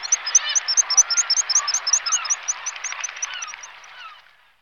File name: alkoun-holubí